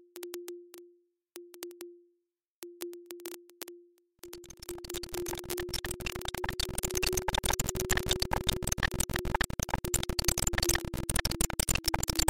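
Glitch sounds built from a steady mid-pitched tone chopped into short bursts with clicks for the first four seconds, separated by silent gaps. After that the texture turns dense and continuous, a rapid crackling stream of scratchy grains over the same sustained tone.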